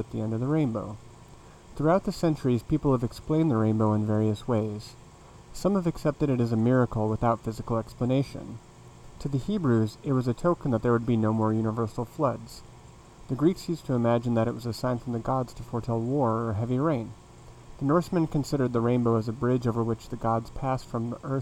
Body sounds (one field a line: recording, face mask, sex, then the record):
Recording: reading aloud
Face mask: none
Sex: male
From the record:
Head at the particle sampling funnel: facing it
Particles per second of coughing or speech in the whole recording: 3.44